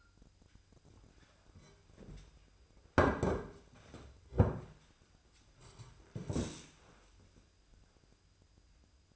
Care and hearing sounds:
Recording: daily activity, microphone in the room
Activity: sit down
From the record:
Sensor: 2

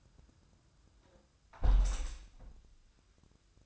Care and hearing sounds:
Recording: daily activity, microphone in the room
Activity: close window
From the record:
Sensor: 2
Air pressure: 1004.6 hPa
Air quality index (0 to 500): 105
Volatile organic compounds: 2 ppm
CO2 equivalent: 1264 ppm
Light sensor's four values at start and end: 6/14/6/6 and 6/14/5/5

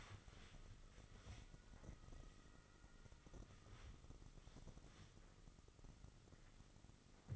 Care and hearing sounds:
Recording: daily activity, microphone in the room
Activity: wipe stove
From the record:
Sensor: 4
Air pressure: 996.8 hPa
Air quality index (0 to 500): 90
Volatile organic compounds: 5 ppm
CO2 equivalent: 1750 ppm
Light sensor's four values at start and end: 16/46/17/19 and 16/45/17/18

